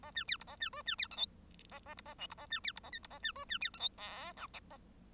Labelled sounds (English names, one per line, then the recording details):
Bengalese Finch song
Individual Bird1